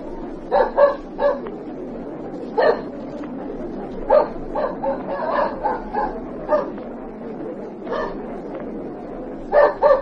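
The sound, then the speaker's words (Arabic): A tracking dog named Nader gives a series of short, sharp barks and yips in irregular bursts over a steady background murmur, with a few louder clusters near the start and end, as it circles a line of villagers sniffing for the owner of a rope. “الكلب لف حوالين طابور الاهالي مرتين من غير ما يطلع حد.”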